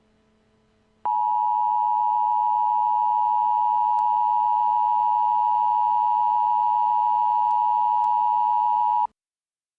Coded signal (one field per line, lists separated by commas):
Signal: Emergency Alert System (SAME) tones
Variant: 853 and 960 Hz attention tone